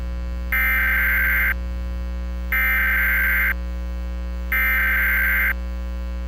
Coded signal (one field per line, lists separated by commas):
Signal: Emergency Alert System (SAME) tones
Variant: header bursts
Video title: EAS #76-#99: All Hazards Insanity | KHB36 & WNG736